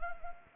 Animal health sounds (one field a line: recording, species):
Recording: mosquito wingbeat signal from an infrared sensor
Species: Anopheles gambiae